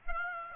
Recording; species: mosquito wingbeat signal from an infrared sensor; Aedes aegypti